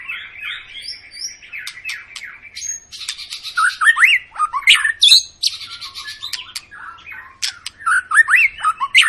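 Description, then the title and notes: White-rumped shama song, dense mix of rasping notes, buzzy trills and upward-sweeping whistles in loud, closely packed bursts. Long lure song of a white-rumped shama in full, continuous song, used to make other birds sing. "Pancingan Murai Batu Gacor Panjang. muraiku"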